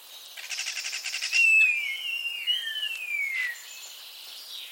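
Common starling making a rapid pulsed rattle followed by long gliding whistles that dip and rise, then fade into quiet hiss.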